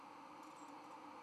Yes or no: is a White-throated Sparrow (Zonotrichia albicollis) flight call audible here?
no